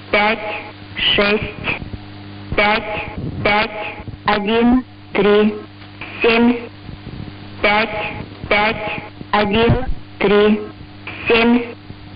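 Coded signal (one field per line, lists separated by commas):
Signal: numbers station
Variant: S06s Russian Lady, Russian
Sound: female voice reading short evenly spaced words, about 13 in 12 seconds, over hum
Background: radio static, low hum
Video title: 20 07 2021 Number station S06s Russian Lady in Russian to Eu 0733 on 7365 unknown tx site in CUSB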